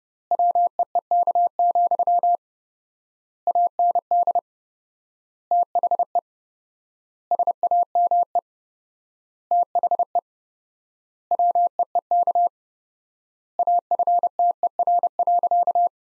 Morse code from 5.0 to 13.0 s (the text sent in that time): THE SAME THE WEEK